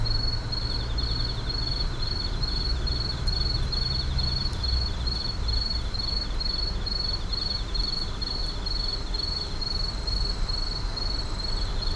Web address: boom library Urban and Suburban Urban park night insects numerous